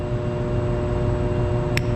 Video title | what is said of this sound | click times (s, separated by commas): Press Maintenance - Ink Valve Service | try one more time i'm gonna pop it one tooth so you can just hear it pop just | 1.8 s